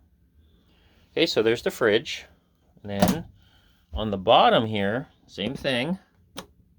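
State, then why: Released. Someone talks while operating the latch on the lower door of a travel-trailer (RV) refrigerator. At 6.4 s the latch gives a short, sharp tick as it releases, and the door can then be pulled open.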